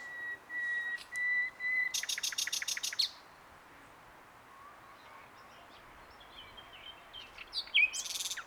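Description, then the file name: Common nightingale song opening with long pure whistled notes, then a fast rattling series of repeated notes, followed by a quiet pause and soft fragments. "Luscinia megarhynchos"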